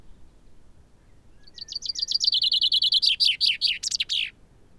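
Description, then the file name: Common chaffinch singing one phrase: a brisk run of high chips that drops in pitch towards its end, then closes with emphatic, down-slurred flourish notes. "Fringilla coelebs"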